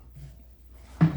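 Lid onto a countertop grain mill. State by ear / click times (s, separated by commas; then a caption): seated / 1.0 s. A lid is pressed tight onto a countertop grain mill, and after a quiet low hum a single sharp snap sounds at 1.0 s. The snap shows the lid is sealed shut, so flour will not escape.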